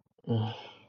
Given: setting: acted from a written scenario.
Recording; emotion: vocal sound without words; guilt